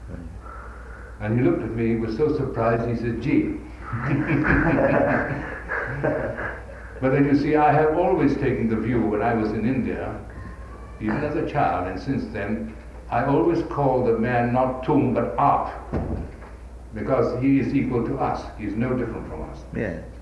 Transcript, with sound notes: And he looked at me with so surprise he said ji. [laughter] But then you see I have always taken the view that when I was in India, even as a child and since then, I always called the man not toom, but art[?], because he is equal to us; he is no different from us.